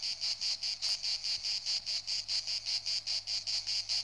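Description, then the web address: Insect producing a rapid, steady series of high, bright chirps. "animali insetti insetti insect"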